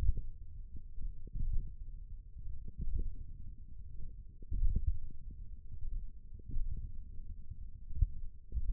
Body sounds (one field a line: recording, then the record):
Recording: forearm muscle sounds (acoustic myography)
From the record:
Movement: thumb flexion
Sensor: system 1, eight BSWA MPA416 microphones around the upper forearm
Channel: 3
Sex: male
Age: 28 years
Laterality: right